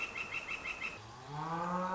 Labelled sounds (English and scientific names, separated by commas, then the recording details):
Northern Flicker (Colaptes auratus)
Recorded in Sonoma County, California